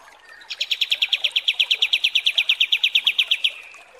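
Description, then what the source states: Kapas tembak song: one steady, rapid series of sharp high chips lasting about three seconds. Masteran training recording of kapas tembak song.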